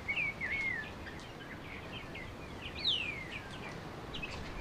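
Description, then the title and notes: Bird calls, a few clear slurred whistles rising and falling among softer overlapping chirps from several birds, with steady background noise. Many birds calling to each other from one tree in a garden, recorded in the afternoon. "sounds from my garden this afternoon. one of the trees is full of birds and they're all talking to each other"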